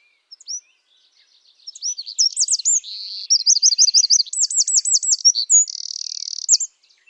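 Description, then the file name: Eurasian wren song, a loud high-pitched outpouring of rapid looping trills and buzzy rattles, building after a few soft notes and ending abruptly near seven seconds. "Troglodytes troglodytes"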